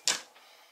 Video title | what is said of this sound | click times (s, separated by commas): CZ P07 P09 Intervertir Bouton Verrou de Chargeur | on appuie dessus ça le déverrouiller | 0.1 s